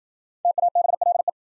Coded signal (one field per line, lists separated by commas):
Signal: Morse code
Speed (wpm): 52 wpm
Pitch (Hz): 700 Hz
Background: none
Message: TABLE